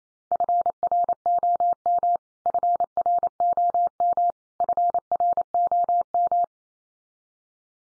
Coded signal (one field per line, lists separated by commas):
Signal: Morse code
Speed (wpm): 28 wpm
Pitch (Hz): 700 Hz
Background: none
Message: FROM FROM FROM